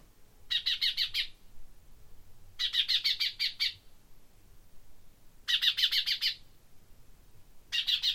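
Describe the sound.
Common chaffinch calling in four rapid strings of sharp clicking notes, each about a second long, with gaps of one to two seconds; the last string is cut off.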